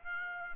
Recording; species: mosquito wingbeat signal from an infrared sensor; Aedes aegypti